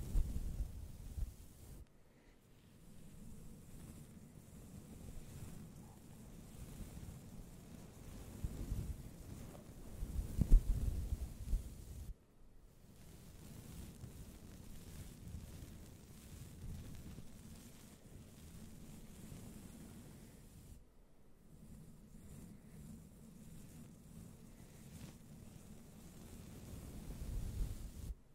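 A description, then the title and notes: Slow, gentle brushing against a microphone, a soft low rumbling hush that swells and fades in long strokes, with brief near-silent breaks around 2, 12 and 21 seconds. ASMR NO TALKING slow and gentle mic brushing with the Blue Yeti.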